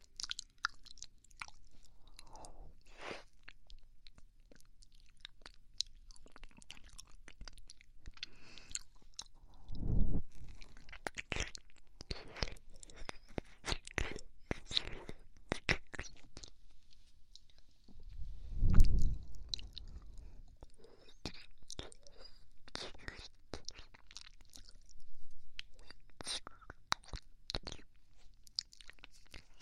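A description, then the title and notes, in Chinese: Someone licks an ice pop, making dense, irregular wet mouth clicks and smacks that continue throughout. Two heavier, breathy bursts stand out around ten and nineteen seconds, with softer breathing between the crisp licking sounds. 舔冰棒，喘息，甜耳，微人声。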